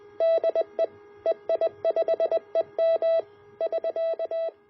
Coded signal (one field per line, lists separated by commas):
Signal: Morse code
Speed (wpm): 20 wpm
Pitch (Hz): 660 Hz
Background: none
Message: DE EI5EM <SK>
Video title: A Simple Multivibrator Morse Practice Oscillator